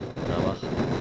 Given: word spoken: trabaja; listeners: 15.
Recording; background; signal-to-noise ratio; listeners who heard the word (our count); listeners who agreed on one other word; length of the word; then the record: one Spanish word in noise, from a listening test; noise modulated by three-talker babble; -4.8 dB; 4 of 15; 11 of 15; 0.60 s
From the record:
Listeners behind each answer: 11, 4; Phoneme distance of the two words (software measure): 10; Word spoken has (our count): 3 syllables, 7 phonemes, stress on syllable 2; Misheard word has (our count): 3 syllables, 7 phonemes, stress on syllable 2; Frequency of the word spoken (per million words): 38.79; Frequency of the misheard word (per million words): 507.85